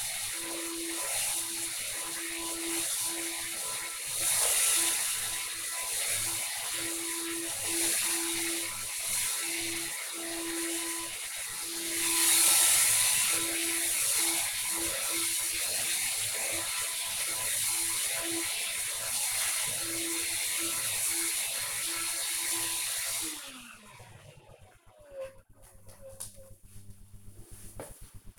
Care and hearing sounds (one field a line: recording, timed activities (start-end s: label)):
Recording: household activities, microphone on the right wrist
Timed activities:
0.00-23.40 s: vacuum cleaning